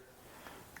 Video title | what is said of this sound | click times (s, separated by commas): BMW Speaker Upgrade/Installation - BMW 6 Series Convertible E64 2004 - BAVSOUND Stage One | Snaps in as you can hear. Doesn't move at all. | 0.8 s